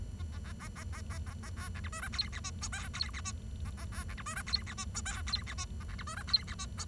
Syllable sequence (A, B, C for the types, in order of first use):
A A A A A A A A A B C D E F G H I J K G H I A A B C D E F G H I J K G H I A C D E F G H I J